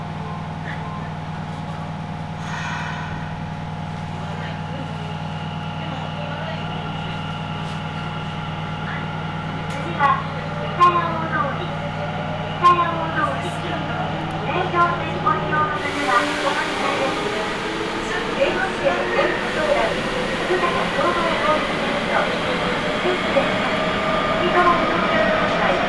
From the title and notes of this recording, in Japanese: 名古屋市営地下鉄桜通線 太閤通→徳重。桜通線の太閤通から徳重までの全区間を乗った時のものです。